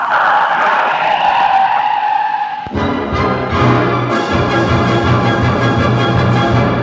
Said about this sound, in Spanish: Al oír el chirrido de las llantas del otro carro,